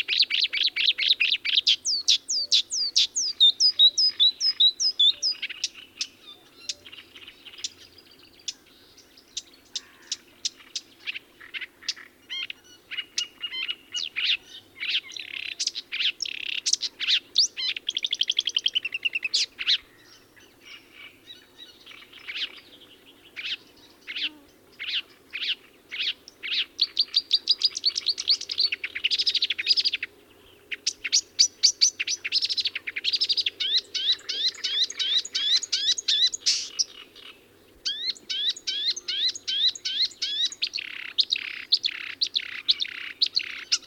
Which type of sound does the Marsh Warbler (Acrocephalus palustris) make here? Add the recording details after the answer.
song. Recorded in the wild. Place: Lütow, Insel Usedom, Mecklenburg-Vorpommern, DE. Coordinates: 54.032, 13.888. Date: 1975-06-13 03:30. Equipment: Nagra III BH, Sennheiser MD 21, parabola. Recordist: Schubert, Michael